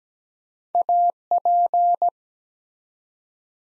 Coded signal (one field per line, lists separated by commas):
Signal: Morse code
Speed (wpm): 17 wpm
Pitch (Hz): 700 Hz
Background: none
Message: AP